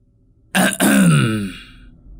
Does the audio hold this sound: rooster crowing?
no